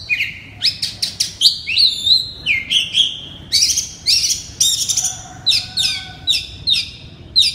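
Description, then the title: Oriental magpie-robin song with rapid chip series and bright falling and rising whistles. "Kacer"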